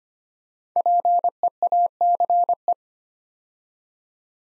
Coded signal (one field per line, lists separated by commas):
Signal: Morse code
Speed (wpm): 25 wpm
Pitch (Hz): 700 Hz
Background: none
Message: PEACE